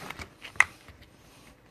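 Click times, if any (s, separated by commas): 0.6 s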